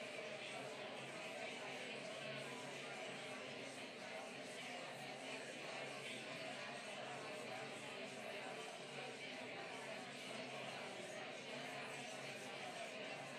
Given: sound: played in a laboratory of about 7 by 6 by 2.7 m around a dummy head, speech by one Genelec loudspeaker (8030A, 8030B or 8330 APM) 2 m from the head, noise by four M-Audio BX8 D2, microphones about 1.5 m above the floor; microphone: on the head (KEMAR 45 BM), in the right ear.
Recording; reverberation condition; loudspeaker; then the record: babble noise; medium; four, about 170 cm from the corners of the room and facing them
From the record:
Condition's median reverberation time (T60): about 510 ms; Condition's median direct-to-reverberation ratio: about -0.5 dB